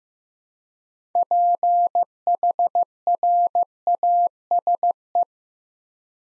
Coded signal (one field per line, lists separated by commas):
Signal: Morse code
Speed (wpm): 15 wpm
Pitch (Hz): 700 Hz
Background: none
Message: PHRASE